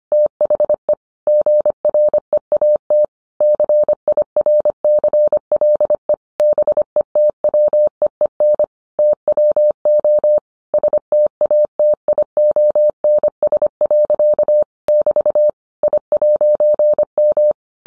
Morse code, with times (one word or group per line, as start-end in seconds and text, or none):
0.1-0.9 THE
1.3-3.0 GREAT
3.4-6.1 CIRCLE
6.4-8.6 BETWEEN
9.0-10.4 TWO
10.7-14.6 STATIONS.
14.9-15.5 <BT>
15.8-17.5 I'M